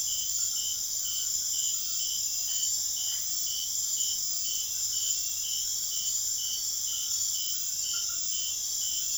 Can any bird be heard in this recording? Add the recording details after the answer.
no. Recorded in secondary vegetation near Puerto Asís, Putumayo, Colombia, on 25 June 2025 at 21:30. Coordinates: 0.500, -76.326. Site GP08